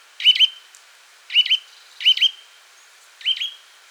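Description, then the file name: Eurasian nuthatch giving several loud 'dwip' calls at an uneven pace, each with a short trailing tone. "Sitta europaea"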